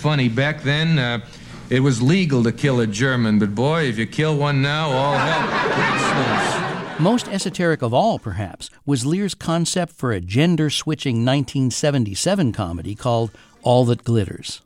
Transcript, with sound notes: Back then, it was legal to kill a German. But, boy, if you kill one now, all hell breaks loose.
(LAUGHTER)
Most esoteric of all, perhaps, was Lear's concept for a gender switching 1977 comedy called "All That Glitters."